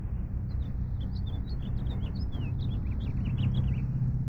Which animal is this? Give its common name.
House Finch